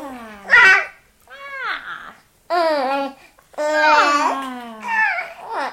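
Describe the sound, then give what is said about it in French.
A baby babbles and coos in several short bursts, high-pitched and sing-song with rising and falling glides, separated by brief pauses and occasional breathy squeals. “Alors que les hareux, clairement, ils produisent ces sons-là, les hareux, avec d'autres personnes.”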